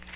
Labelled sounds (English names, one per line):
Tennessee Warbler flight call